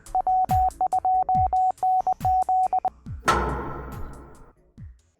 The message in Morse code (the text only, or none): W2NZ